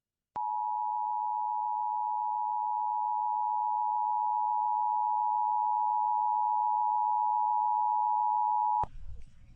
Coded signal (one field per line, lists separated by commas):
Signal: Emergency Alert System (SAME) tones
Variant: 853 and 960 Hz attention tone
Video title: THE ALERTS KEEP COMING... EAS Alerts from 3/14-15/24 (EAS #3,736 - 3,756)